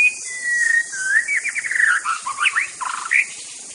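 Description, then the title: White-rumped shama song, a flowing run of varied whistled phrases sliding between mid and high pitches, with quick rising and falling notes throughout over a faint steady hiss. In forest. "Suara burung murai batu hutan"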